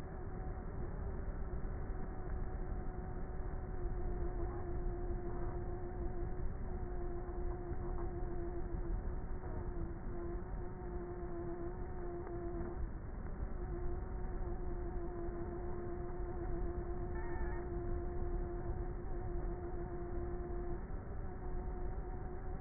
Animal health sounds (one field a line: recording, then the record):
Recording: honeybee colony, microphone inside the hive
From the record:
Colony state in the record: queenless with a low population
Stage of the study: before two queens were removed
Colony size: about 30,000 bees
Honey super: no